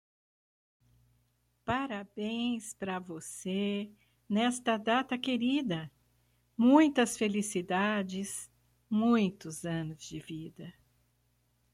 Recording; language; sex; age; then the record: short text; Brazilian Portuguese; female; 60 to 69 years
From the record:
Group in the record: control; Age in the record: 67 years